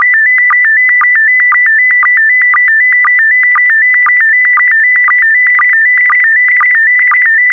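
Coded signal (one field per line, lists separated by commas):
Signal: SSTV (slow-scan television)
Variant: PD120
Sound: steady warbling high tone with rhythmic short low chirps about twice a second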